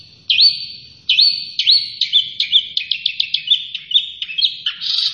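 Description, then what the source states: Long-tailed shrike song: a few clear swooping whistles, then quickening clipped high notes running into a harsher buzzy flourish at the end. Named by the Indonesian local name cendet; described as gacor, meaning the bird is singing actively.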